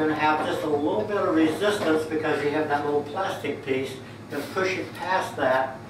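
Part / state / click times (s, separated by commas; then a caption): drawer into kitchen cart frame past plastic stop / not seated / none. A wooden drawer is handled at a kitchen cart frame, ready to be pushed in past a small plastic stop piece, while someone talks throughout. The drawer has not been pushed past the plastic catch yet, and nothing has snapped or seated.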